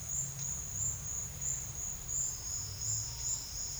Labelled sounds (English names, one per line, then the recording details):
none
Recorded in secondary vegetation near Puerto Asís, Putumayo, Colombia, on 29 June 2025 at 11:00
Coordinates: 0.498, -76.327
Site GP09